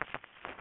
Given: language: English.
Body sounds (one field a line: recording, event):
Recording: throat vibration sensor signal played as sound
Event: swallow